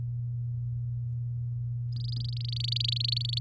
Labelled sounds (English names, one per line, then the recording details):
Domestic Canary song
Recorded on 10 May 2018 at 05:38
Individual llb16